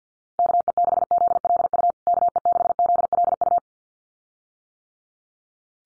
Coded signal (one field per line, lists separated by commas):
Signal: Morse code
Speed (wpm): 50 wpm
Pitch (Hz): 700 Hz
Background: none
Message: KE6ZLU KE6ZLU